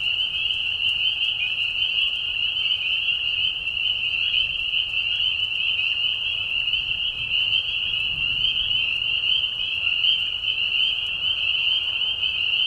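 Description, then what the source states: Many spring peepers peeping together, a bright high ringing chorus that holds steady throughout. Mating call chorus in a marsh at night during a short spring season, Tiny Marsh Conservation Area, Tiny, Ontario; high whistles at low volume.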